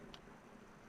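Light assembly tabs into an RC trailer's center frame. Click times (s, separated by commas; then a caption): 0.1 s. A plastic light assembly for an RC scale trailer is pushed up from the bottom until its two small tabs lock around the trailer's center frame. A single sharp click is heard at 0.1 s over a steady low background hum, and the part is seated.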